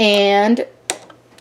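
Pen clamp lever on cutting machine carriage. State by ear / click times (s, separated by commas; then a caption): seated / 0.9 s. A plastic clamp lever holding a pen on a Cricut cutting machine carriage is snapped shut after the pen is loaded. Someone talks at the start, then a sharp click is heard at 0.9 s, followed by two faint ticks. The pen clamp latch closes and seats.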